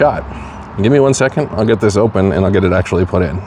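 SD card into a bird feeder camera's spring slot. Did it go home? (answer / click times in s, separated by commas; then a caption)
no / none. A microSD card is being readied to go into the spring-loaded card slot of a bird feeder camera while someone talks throughout. The card has not been pushed in yet, and nothing has seated or clicked into place.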